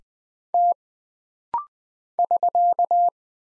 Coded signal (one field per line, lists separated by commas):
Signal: Morse code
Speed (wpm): 20 wpm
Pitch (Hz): 700 Hz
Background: none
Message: T <SK>